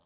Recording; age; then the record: pig call; piglet (1 to 25 days)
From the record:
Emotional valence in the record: positive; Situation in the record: short reunion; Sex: female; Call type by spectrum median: low-frequency call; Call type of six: low-frequency tonal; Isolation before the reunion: 3 minutes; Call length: 0.05 s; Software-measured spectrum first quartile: 551 Hz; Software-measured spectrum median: 2223 Hz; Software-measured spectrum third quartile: 5112 Hz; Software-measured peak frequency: 590 Hz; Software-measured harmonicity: 3.2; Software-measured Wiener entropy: -1.87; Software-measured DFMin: 993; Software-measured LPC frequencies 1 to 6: 662, 1068, 3182, 4358, 5154, 7118 Hz